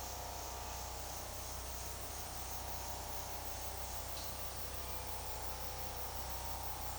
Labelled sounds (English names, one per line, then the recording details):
none
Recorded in secondary vegetation near Puerto Asís, Putumayo, Colombia, on 21 February 2024 at 14:00
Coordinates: 0.489, -76.322
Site G6419